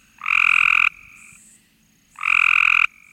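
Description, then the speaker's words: Cope's gray tree frog giving two loud, fast buzzy trills, each lasting under a second and spaced about two seconds apart, with a fainter buzz between them. Call contrasted with a northern mockingbird's imitation of it. "Here's the call of a Cope's gray tree frog."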